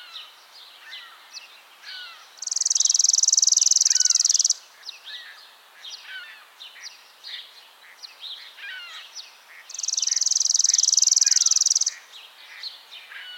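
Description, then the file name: Chipping Sparrow song: a dry, rapid, mechanical trill of even chips lasting about two seconds, sung twice, with other birds chirping softly in the background. "Spizella passerina - Chipping Sparrow"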